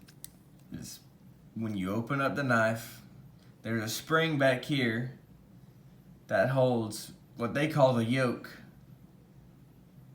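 A man talks while handling a Demko AD15 folding knife, its steel blade set to lock open into the handle's spring-loaded yoke lock. A few faint clicks sound near the start, but the blade has not yet clicked into place and nothing has seated when the clip ends.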